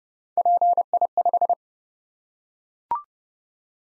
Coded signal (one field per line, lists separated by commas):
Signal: Morse code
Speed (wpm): 30 wpm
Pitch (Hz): 700 Hz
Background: none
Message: PI5